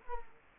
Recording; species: mosquito wingbeat signal from an infrared sensor; Culex quinquefasciatus